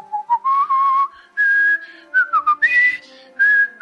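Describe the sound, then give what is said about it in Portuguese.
A person whistles a wavering, off-key tune in short uneven phrases, the pitch sliding and wobbling between notes with brief breaths in between and no talking over it. “sabia que tu assoviava tão mal assim, não.”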